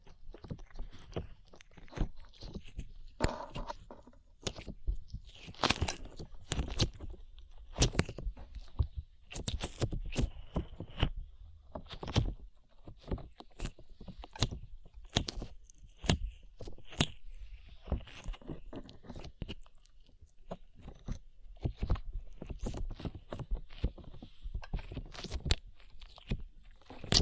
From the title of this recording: ASMR SLIME